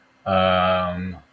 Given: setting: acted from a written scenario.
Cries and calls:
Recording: vocal sound without words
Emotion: confusion

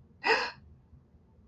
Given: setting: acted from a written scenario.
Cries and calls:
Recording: vocal sound without words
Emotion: distress

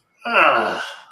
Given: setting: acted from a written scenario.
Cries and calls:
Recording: vocal sound without words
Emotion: disappointment

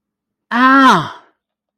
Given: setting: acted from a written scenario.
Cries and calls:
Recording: vocal sound without words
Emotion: pain

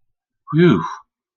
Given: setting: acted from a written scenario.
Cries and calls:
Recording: vocal sound without words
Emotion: relief

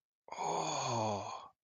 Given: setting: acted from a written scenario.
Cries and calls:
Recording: vocal sound without words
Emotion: realization

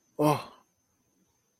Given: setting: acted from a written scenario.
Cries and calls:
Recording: vocal sound without words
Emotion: negative surprise

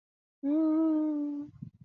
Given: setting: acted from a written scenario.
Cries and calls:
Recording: vocal sound without words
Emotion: contentment

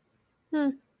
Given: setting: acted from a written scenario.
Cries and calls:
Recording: vocal sound without words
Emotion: neutral

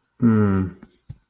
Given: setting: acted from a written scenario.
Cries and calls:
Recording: vocal sound without words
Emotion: guilt

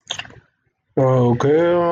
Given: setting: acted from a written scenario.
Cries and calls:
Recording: vocal sound without words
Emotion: neutral

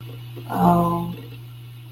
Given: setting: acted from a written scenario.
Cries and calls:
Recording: vocal sound without words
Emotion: shame

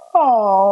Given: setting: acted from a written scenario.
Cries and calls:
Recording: vocal sound without words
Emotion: sympathy

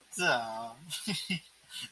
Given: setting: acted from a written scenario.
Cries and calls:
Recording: vocal sound without words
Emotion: adoration

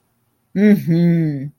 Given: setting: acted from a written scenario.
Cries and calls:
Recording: vocal sound without words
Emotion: serenity

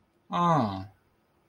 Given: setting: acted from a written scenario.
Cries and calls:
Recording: vocal sound without words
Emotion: sympathy

